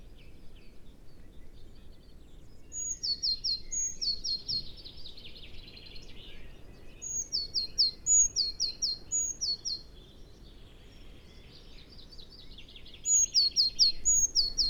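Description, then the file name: Eurasian blue tit calling: short sets of two or three piercing high notes followed by buzzy chatter, repeated in several bursts. "Cyanistes caeruleus"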